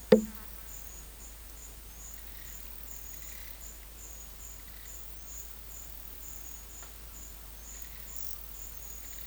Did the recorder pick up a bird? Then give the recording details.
no. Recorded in pastures near Puerto Asís, Putumayo, Colombia, on 22 December 2024 at 10:30. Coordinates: 0.472, -76.329. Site G072